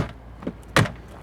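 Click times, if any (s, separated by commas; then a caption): none. The lid of a plastic tool storage box mounted in an F150 service truck is closed onto the box body: a couple of faint taps come at about 0.4 and 0.5 seconds, then the lid thumps shut loudly at 0.8 seconds with a short rattle after. The latch fails to catch, and nothing has clicked or latched.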